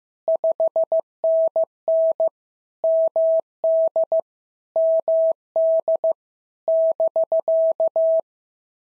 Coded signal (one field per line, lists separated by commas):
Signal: Morse code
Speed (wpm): 14 wpm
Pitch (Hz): 650 Hz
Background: none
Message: 5NN MD MD <BK>